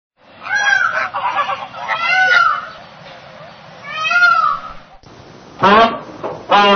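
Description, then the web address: Common peafowl harsh calls, three drawn-out nasal cries spaced over five seconds, then two short loud squawks near the end. "cotor. Common Peafowl"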